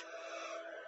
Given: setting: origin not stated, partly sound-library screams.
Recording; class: one-second piece from a danger detection set; woman in danger